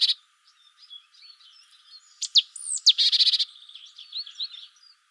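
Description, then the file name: Great tit call: a single bout of sharp, high notes and a short buzzy churr, surrounded by soft, varied twittering notes. "Parus major"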